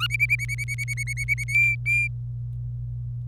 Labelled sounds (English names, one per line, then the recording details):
Domestic Canary song
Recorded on 25 April 2018 at 16:17
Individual llb3